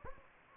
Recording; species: mosquito wingbeat signal from an infrared sensor; Anopheles gambiae